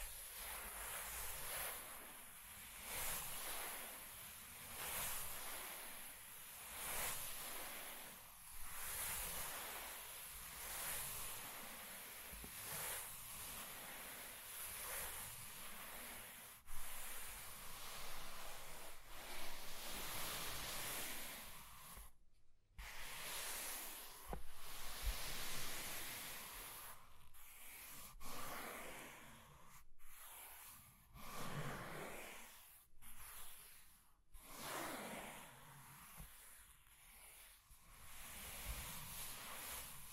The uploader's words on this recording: ASMR Mind Tingling Scratching and Tracing Sounds (No Talking).